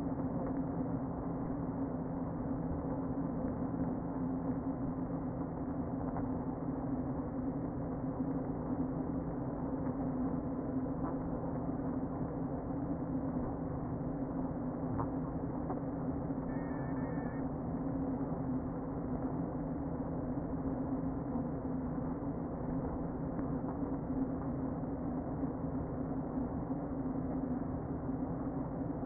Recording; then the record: honeybee colony, microphone inside the hive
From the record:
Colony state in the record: queen present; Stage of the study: before two queens were removed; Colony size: about 60,000 bees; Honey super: yes